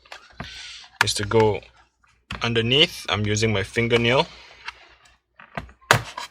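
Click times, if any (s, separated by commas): 5.9 s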